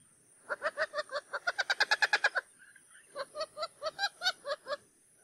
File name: CANTO-DO-JAÇANÂ-Jacana-jacana-Wattled-Jacana